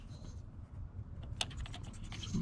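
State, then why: Seated. A plastic intake hose fitting is pressed onto the intake assembly of a 2013–2019 Ford Escape 2.0L during a spark plug change until it clicks into place. Over a low background rumble with faint scratchy handling, one sharp click sounds at 1.4 s, followed by a few softer clicks and rattles around 1.6–1.7 s and a slight rise in noise at the end. The fitting is seated.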